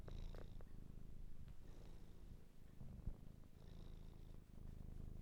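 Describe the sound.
Cat purring steadily, a low rumbling throb that continues through the whole stretch, with a few faint higher clicks.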